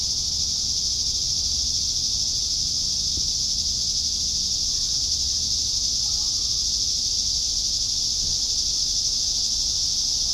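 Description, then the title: Cicadas giving a loud, even, sizzling buzz that never breaks, with a faint click or knock partway through. Several cicadas. "neoscenes: cicadas"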